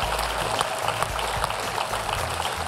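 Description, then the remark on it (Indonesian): A steady burst of crowd applause for a contestant joining a coach's team on the Voice Anak talent show, many hands clapping in a dense, even patter that holds at a constant loudness throughout, with no voices rising above it. “Iya, tolong tepuk tangan dong”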